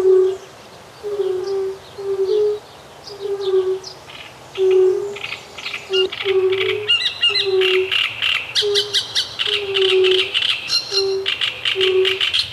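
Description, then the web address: Great reed warbler: rasping, jerky chatter grows denser and louder in the second half, while low, evenly spaced soft hoots continue beneath. Heard together with fire-bellied toads. "Ptaki Trzciniak i Kumaki"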